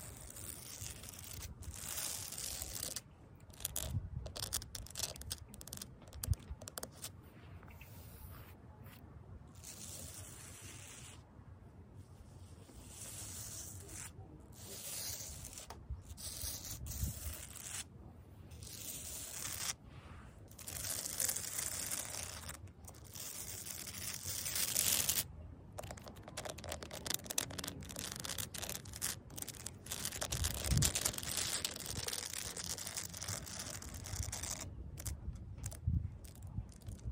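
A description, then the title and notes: Fake nails scratch across concrete, making gritty, hissing scrapes that fill the bright upper range. The strokes come in uneven bursts with brief silent gaps every few seconds, some louder passes around the middle and later, over a low rumbling undertone. ASMR CONCRETE SCRATCHING WITH FAKE NAILS (towards camera and back).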